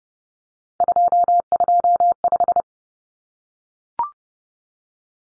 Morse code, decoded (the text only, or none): 225